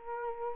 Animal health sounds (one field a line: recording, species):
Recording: mosquito wingbeat signal from an infrared sensor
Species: Culex quinquefasciatus